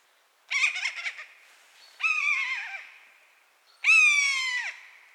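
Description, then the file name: Common buzzard calls: three high, harmonic-rich mewing cries. The first is broken and quavering, and the later ones are smooth and gently falling, with short gaps between them. "maeusebussard"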